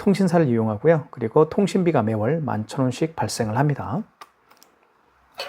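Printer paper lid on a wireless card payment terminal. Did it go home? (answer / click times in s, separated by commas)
yes / 5.4 s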